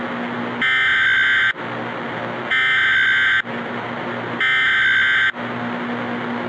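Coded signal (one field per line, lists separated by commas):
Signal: Emergency Alert System (SAME) tones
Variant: header bursts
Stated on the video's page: Fictional EAS scenario, a made-up alert.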